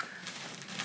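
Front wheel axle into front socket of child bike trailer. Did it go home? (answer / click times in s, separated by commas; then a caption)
no / none. The front jogger wheel axle of a 2023 Qeridoo Kidgoo 2 child bike trailer is handled and pushed toward the socket at the front of the trailer, giving short, quiet handling sounds with small knocks at 0.0, 0.3 and 0.6 seconds. Nothing has seated or clicked yet.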